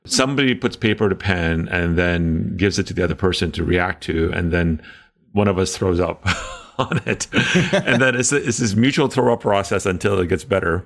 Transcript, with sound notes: somebody puts paper to pen, and then gives it to the other person to react to, and then one of us throws up [laughs] on it. And then it’s this mutual throw-up process until it gets better.